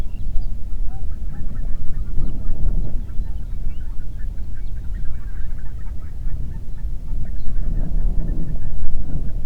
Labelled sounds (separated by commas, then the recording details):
songbird, waterfowl, wind
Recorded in the Prudhoe Bay oil fields, Alaska, on 8 June 2019 at 04:43
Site 30